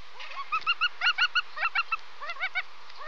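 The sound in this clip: Bird honking calls, clipped nasal notes in quick loose groups, more than one bird calling together.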